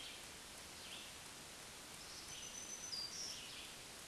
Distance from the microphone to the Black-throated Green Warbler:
about 35 m